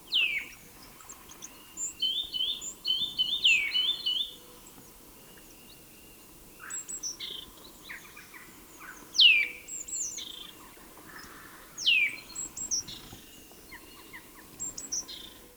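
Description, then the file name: Eurasian nuthatch calls, steep descending whistled notes at irregular intervals, among high chirps and brief trills, with a quiet stretch in the middle. "Sitta europaea"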